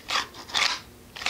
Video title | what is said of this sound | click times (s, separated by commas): M&P22 Compact with (or without Tru glow laser formed) kydex holster | out fast easy go nice little click there | 1.3 s